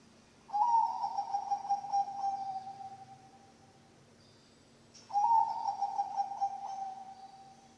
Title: mster Mnuk. SUARA OCEHAN BURUNG PERKUTUT BANGKOK Untuk MASTERAN dan PANCINGAN